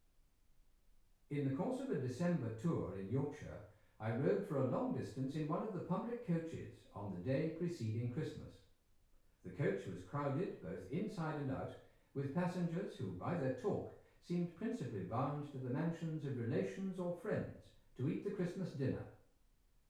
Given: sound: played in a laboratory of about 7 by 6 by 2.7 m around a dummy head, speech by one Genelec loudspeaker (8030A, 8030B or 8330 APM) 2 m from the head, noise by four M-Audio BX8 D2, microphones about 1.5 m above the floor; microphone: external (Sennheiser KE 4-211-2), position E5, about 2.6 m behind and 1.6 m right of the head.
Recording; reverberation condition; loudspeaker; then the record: male speech in English; medium; behind (180 degrees)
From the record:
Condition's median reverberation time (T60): about 510 ms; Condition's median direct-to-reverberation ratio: about -0.5 dB